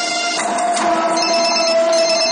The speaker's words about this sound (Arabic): تليفون.